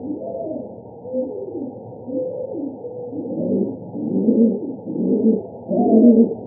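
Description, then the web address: Rock pigeon cooing, low soft rolling coos repeated about once a second, growing louder and fuller toward the end. Arizona. "Doves AZFO ROPI 1 B deviche 022204"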